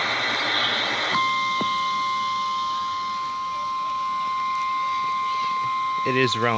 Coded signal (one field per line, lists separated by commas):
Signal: Emergency Alert System (SAME) tones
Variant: 1050 Hz attention tone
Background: speech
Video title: Los Angeles FLASH FLOOD WARNING #2 (EAS)